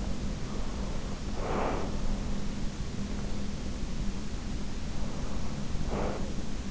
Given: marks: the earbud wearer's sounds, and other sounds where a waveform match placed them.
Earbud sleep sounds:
sounds in sleep by an in-ear microphone; breath
0.51-2.18 s: breath
4.81-6.52 s: breath

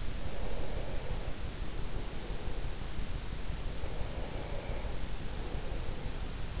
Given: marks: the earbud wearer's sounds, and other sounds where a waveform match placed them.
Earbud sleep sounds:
sounds in sleep by an in-ear microphone; breath
0.00-3.29 s: breath
3.71-6.52 s: breath

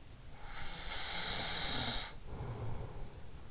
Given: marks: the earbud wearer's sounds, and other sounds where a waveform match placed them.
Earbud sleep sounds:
sounds in sleep by an in-ear microphone; snoring breath
0.17-3.25 s: snoring breath

